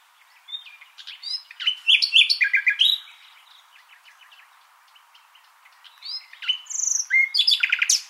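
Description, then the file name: Common nightingale song: two rich, varied phrases of sharp chirps, rapid repeated notes and clear whistles, separated by a quieter gap of a few seconds. "Luscinia megarhynchos"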